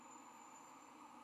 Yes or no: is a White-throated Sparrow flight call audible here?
no